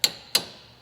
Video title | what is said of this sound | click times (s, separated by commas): Pt.3 2012 Nissan Maxima wheel bearing | Click. That's how you know it's tight. | 0.0 s